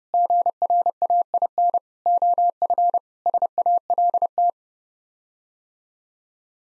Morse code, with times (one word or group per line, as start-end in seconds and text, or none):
0.1-1.8 GRAIN
2.1-3.0 OF
3.3-4.5 SALT